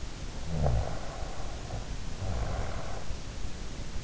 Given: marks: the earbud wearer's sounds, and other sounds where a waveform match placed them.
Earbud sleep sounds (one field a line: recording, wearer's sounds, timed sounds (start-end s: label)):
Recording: sounds in sleep by an in-ear microphone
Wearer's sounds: snoring breath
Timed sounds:
0.47-3.10 s: snoring breath